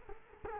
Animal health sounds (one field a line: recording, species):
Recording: mosquito wingbeat signal from an infrared sensor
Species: Culex quinquefasciatus